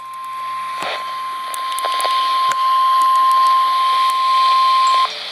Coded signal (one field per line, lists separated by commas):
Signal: Emergency Alert System (SAME) tones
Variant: 1050 Hz attention tone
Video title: Severe Thunderstorm Warning #2 (EAS #134)